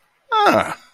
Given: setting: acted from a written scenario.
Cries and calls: vocal sound without words; pride

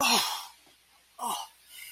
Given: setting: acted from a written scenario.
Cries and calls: vocal sound without words; pain

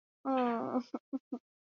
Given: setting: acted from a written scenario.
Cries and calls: vocal sound without words; romantic love

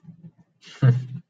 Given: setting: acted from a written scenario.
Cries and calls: vocal sound without words; contempt

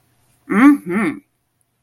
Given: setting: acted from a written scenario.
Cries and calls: vocal sound without words; desire

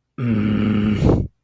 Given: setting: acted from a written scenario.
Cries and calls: vocal sound without words; anger

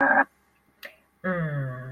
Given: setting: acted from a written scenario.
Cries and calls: vocal sound without words; neutral

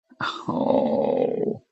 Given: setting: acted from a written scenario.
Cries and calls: vocal sound without words; shame

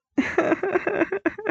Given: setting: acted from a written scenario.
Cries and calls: vocal sound without words; sadness

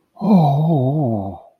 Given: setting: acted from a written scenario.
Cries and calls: vocal sound without words; ecstasy

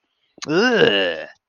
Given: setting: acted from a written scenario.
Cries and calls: vocal sound without words; disgust

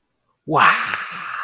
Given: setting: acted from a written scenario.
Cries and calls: vocal sound without words; interest

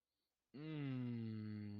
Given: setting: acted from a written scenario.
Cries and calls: vocal sound without words; desire

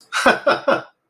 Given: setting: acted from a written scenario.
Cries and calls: vocal sound without words; amusement

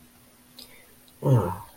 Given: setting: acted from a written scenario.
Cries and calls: vocal sound without words; shame

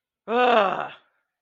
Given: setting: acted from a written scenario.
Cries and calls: vocal sound without words; anger

